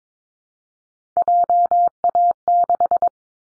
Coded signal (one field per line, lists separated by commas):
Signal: Morse code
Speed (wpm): 22 wpm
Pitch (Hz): 700 Hz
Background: none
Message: JA6